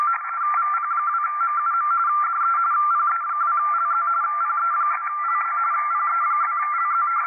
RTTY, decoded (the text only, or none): VP2MUM DE PE2LZ PE2LZ PE2LZ